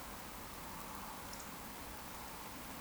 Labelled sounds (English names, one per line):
Eurasian Woodcock whistle